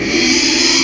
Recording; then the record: squeal of a Yucatan mini pig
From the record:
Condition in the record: after surgery on the right vocal fold (resection and tissue-engineered implant); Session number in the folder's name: 2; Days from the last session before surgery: 13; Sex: male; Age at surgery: 12 weeks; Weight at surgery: 13 kg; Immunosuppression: cyclosporine, prednisolone